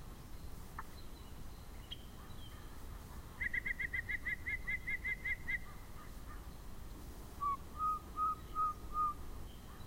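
Yellow-breasted chat delivering a fast string of about a dozen higher piping notes, then after a gap five slower, lower whistled notes, over faint constant background noise.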